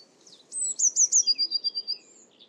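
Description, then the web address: Eurasian blue tit: a high-pitched opening note followed by a steady series of repeated sharp, high notes. "cianscape. Deverinetal"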